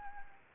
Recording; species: mosquito wingbeat signal from an infrared sensor; Anopheles gambiae